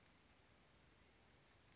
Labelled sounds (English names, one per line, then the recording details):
Western Flycatcher
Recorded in Sonoma County, California